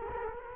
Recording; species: mosquito wingbeat signal from an infrared sensor; Culex quinquefasciatus